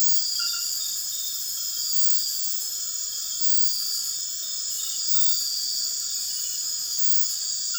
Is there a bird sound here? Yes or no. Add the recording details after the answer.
no. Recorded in dense forest near Puerto Asís, Putumayo, Colombia, on 18 February 2024 at 23:00. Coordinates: 0.502, -76.326. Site G6460